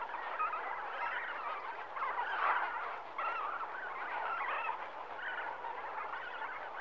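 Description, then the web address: Large flamingo flock giving a soft, continuous honking chatter that swells and fades slightly, with a low steady hum beneath. Flamingos at a lake in Kenya in the morning. "BBC Sound Effects Library. Kenya, Flamingoes"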